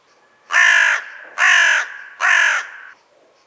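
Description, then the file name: Carrion crow giving three harsh, hoarse caws, evenly spaced, with quiet between. "Corvus corone"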